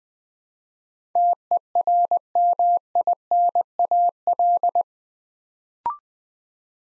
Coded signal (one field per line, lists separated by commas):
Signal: Morse code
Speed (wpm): 21 wpm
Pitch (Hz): 700 Hz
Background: none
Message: TERMINAL